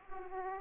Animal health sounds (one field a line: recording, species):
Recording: mosquito wingbeat signal from an infrared sensor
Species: Aedes aegypti